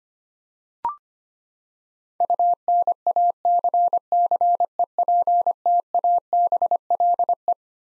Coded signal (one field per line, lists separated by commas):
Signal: Morse code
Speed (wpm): 25 wpm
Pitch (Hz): 700 Hz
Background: none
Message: UNACCEPTABLE